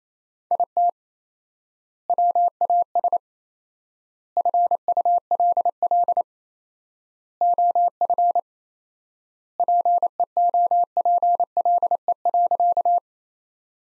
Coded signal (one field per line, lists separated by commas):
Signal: Morse code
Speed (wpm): 28 wpm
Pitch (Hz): 700 Hz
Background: none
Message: IT WAS FULL OF PEOPLE.